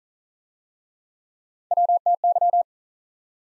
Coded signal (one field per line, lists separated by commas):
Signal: Morse code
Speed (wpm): 45 wpm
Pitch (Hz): 700 Hz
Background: none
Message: WTY